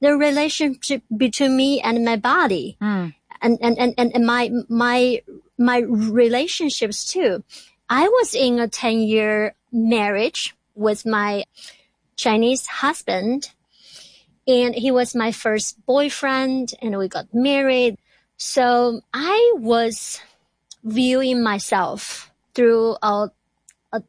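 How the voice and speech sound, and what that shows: Adult woman who stutters, speaking with sound repetitions such as "and and and", repeated words like "my my my", and stretched syllables: stuttering, a fluency disorder.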